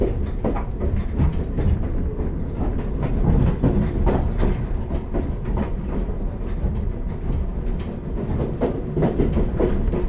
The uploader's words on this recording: SLみなと室蘭140周年号 東室蘭駅発車走行音 "Steam Locomotive Train MINATO MURORAN 140th Anniversary" Higashi-Muroran Station departure sound. 東室蘭駅から室蘭駅方向に出発した際の走行音です。